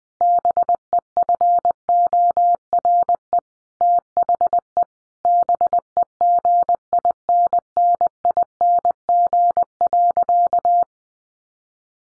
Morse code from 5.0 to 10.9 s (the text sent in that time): BEGINNING.